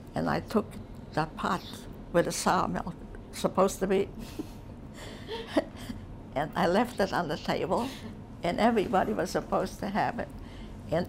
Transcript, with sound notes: and I took that pot with the sour milk, supposed to be ( she laughs ) and I left it on the table, and everybody was supposed to have it and